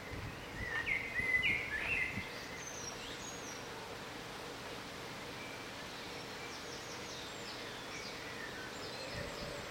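Bird song: a short warbled phrase near the start, with faint thin high notes after it over steady background hiss.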